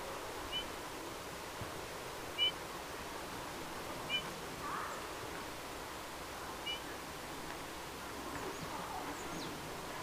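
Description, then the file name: Eurasian bullfinch giving a few faint, brief piped whistles spaced irregularly, over constant background noise. "Pyrrhula pyrrhula"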